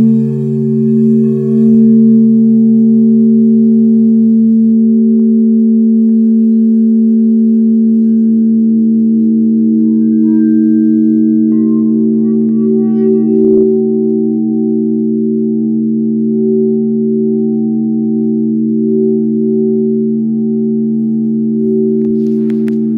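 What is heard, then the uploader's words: A sound bath of sustained singing bowl tones, low steady hums layered with slow wavering beats, a brief soft knock around thirteen seconds. Live Virtual Sound Bath.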